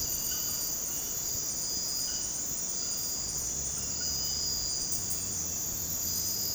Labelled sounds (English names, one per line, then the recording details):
none
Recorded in dense forest near Puerto Asís, Putumayo, Colombia, on 19 February 2024 at 03:00
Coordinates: 0.486, -76.316
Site G6437